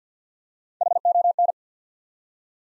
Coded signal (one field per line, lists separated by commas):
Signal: Morse code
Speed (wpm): 49 wpm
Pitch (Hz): 700 Hz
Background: none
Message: HON